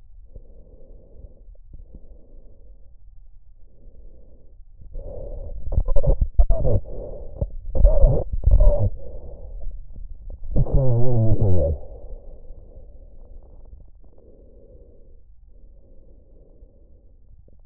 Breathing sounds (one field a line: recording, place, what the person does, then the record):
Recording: lung sounds by stethoscope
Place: trachea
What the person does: quiet breathing, then cough and speech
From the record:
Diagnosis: COPD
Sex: male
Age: 70 years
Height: 174 cm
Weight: 94 kg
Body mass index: 31.0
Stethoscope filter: extended mode